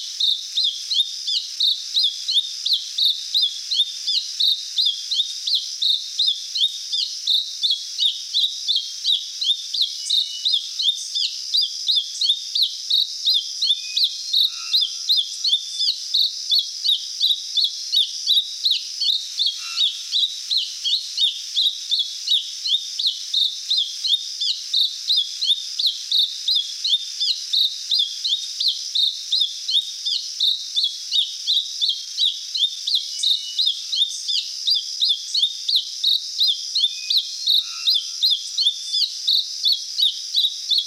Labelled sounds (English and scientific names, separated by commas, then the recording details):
Mountain Thrush (Turdus plebejus) song
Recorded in the wild
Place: Monteverde Urwaldreservat, CR
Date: 1992-04-17
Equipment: Dat-Recorder Casio DA 7, Telinga DAT, Telinga-Parabolspiegel
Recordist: Schwarz, Dieter